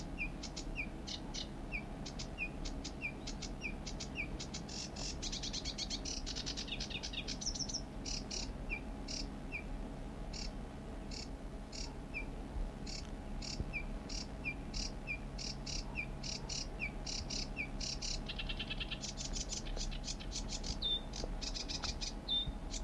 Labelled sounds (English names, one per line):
Sedge Warbler song